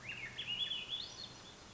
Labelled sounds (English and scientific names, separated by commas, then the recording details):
Swainson's Thrush (Catharus ustulatus)
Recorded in Sonoma County, California